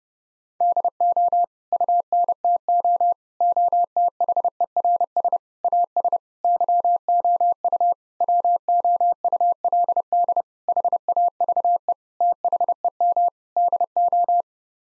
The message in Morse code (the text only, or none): DO UNTO OTHERS AS YOU WOULD HAVE THEM DO